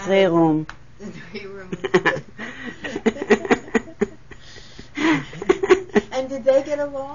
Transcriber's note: they laugh